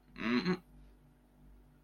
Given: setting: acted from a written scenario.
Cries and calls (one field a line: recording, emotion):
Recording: vocal sound without words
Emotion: embarrassment